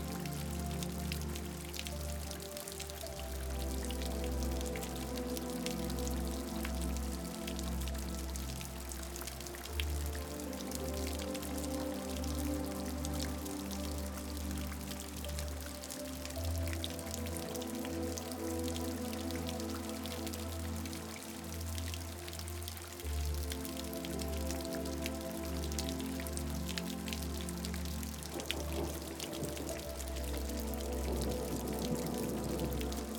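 Soft raindrops patter steadily throughout, woven with a calm, sustained melody of low tones and gentle notes shifting slowly beneath the drizzle.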